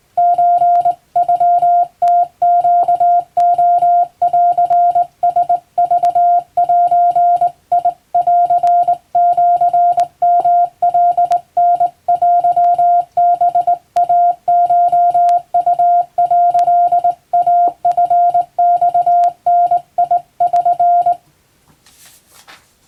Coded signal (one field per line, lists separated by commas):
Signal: Morse code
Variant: Japanese Wabun code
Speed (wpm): 20 wpm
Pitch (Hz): 700 Hz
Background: music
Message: ソノムネレンラクゼンシヨカタテハイコウ」イチマダ<SN>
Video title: トンツー、モールス信号！トンツーはモールス符号です。トンとツーで言葉を交わします。日本語のモールス符号を打ってみました。YouTubeの再生速度を設定して聞こう morse code practice